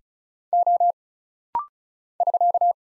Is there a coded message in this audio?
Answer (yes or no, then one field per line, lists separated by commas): yes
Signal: Morse code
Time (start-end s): 0.5-2.7 s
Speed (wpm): 34 wpm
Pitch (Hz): 700 Hz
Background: none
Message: O <SK>